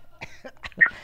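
A few short, rough throaty bursts build into one louder, sharp cough from an adult, made straight into someone else's microphone, all within about a second. It is a single isolated cough with a little throat clearing, in a small quiet room.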